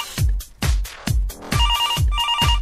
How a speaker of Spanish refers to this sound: Hola, teléfono. Tenemos una llamada.